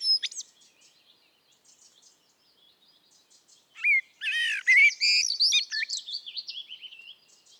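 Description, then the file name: Eurasian blackbird song: a few loud notes, then faint high twitters, then a loud phrase of rich fluty notes running into fast squeaky chatter. "Turdus merula"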